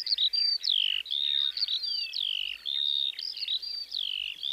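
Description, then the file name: Eurasian skylark song, a rapid unbroken stream of high whistled and buzzy notes, sliding and warbling without pause, over a quiet background. "mezeipacsirta"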